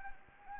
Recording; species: mosquito wingbeat signal from an infrared sensor; Anopheles arabiensis